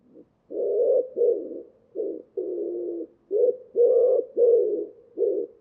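Common Wood Pigeon song: deep, breathy coos repeated in a steady rhythmic series of short and longer notes, with no other sounds.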